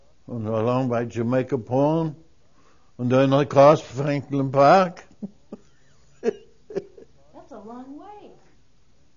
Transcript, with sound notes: along by Jamaica Pond. And then I crossed Franklin Park-- (He laughs.)
That's a long way.